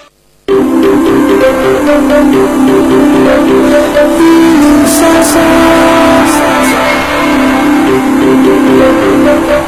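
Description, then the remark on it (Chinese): A small go-kart engine at the Chengmei Sonic go-kart track, basement level one of Chengmei Auto City, drones loudly and steadily, its buzzing tone holding fairly even with a brief wobble in pitch midway as it revs continuously for about ten seconds. “城美索尼克卡丁车带你撒把野，你就是上一个车王。”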